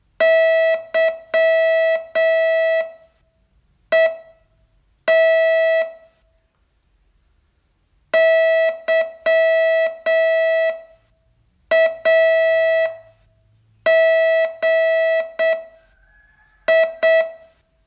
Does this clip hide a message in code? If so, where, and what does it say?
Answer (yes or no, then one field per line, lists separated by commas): yes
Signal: Morse code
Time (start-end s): 0.2-17.2 s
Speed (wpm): 7 wpm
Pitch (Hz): 650 Hz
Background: none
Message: YET YAGI